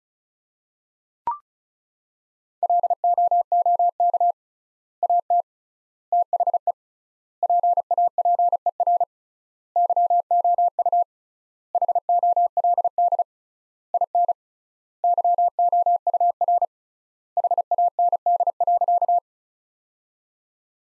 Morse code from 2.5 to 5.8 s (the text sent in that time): LOOK AT